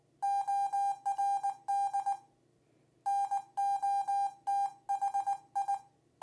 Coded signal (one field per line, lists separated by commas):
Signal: Morse code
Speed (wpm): 19 wpm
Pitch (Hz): 800 Hz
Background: none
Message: ORD NOTHI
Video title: Magic Rabbit QU 21C Dual Paddle Morse Code Key